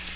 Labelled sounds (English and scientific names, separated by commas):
American Redstart (Setophaga ruticilla) flight call